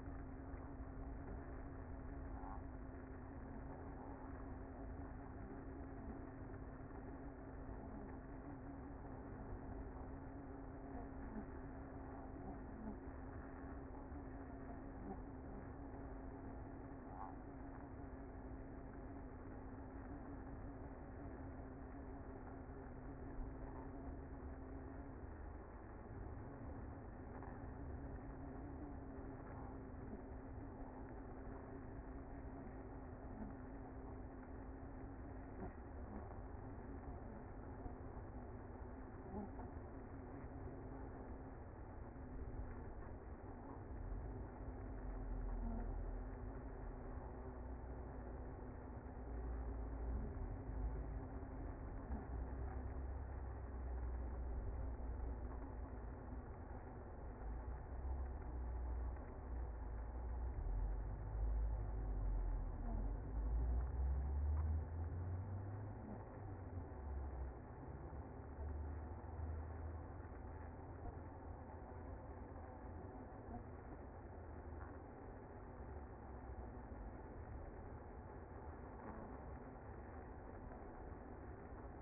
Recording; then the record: honeybee colony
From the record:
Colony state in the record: active